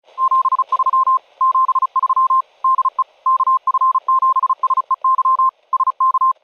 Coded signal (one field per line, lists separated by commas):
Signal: Morse code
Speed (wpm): 36 wpm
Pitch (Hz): 1050 Hz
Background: none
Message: 73 73 DE KF7SEY SK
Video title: FT8 Portable Time-Sync, No GPS? No Problem!!